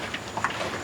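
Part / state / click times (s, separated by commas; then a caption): sunroom frame bar into header and sill receiving tracks / not seated / none. A vertical aluminium main bar of a sunroom frame is handled as it is set between the header and sill receiving tracks, with faint shuffling and a few light knocks, the sharpest near 0.4 seconds. Nothing has seated or snapped into the tracks yet.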